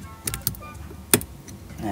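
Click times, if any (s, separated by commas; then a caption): 1.1 s. A blue plastic lock clip is installed on the fuel filter inlet quick connector of a petrol Chevrolet Spin. Several light plastic clicks come before a sharp snap at 1.1 s, when the clip seats. Faint music and car sound play in the background.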